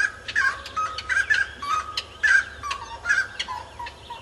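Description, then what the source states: Grey-cowled wood rail song: quick, harsh, cackling phrases in close succession, with a faint low rumble behind them. Local name chiricote.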